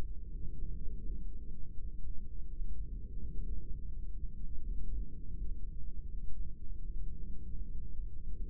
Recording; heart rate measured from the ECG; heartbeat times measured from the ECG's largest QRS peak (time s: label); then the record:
heart sounds by microphone in the right ear; 83 bpm
0.31 s: heartbeat
1.03 s: heartbeat
1.75 s: heartbeat
2.48 s: heartbeat
3.21 s: heartbeat
3.92 s: heartbeat
4.63 s: heartbeat
5.35 s: heartbeat
6.07 s: heartbeat
6.80 s: heartbeat
7.52 s: heartbeat
8.23 s: heartbeat
From the record:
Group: heart failure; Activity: rest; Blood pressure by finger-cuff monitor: 99/66 mmHg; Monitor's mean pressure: 80 mmHg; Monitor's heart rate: 83 bpm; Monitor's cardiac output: 4.2 L/min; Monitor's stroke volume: 50 mL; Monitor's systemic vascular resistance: 1350 dyn s/cm5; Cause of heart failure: ischemic heart disease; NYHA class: 2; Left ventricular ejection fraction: 34%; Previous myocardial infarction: present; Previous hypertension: absent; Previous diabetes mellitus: present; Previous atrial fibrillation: absent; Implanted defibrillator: absent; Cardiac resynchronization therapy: absent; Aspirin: absent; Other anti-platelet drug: present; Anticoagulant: apixaban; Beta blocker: bisoprolol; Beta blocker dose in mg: 10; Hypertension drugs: sacubitril-valsartan, spironolactone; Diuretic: furosemide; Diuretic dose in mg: 40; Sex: male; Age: 57 years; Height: 149 cm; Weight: 44.5 kg